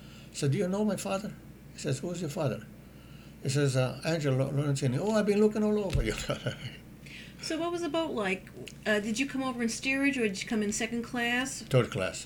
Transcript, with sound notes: said, "Do you know my father?" He says, "Who's your father?" I says, "Angelo Lorenzini." "Oh, I've been looking all over for you." ( he laughs )
So what was the boat like? Did you come over in steerage, or did you come in second class?
Third class.